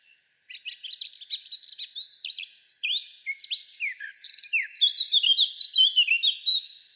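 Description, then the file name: Eurasian blackcap in full song: a busy scratchy warble opening up into rich, fluty, descending whistles, delivered continuously over about six seconds. "Sylvia atricapilla"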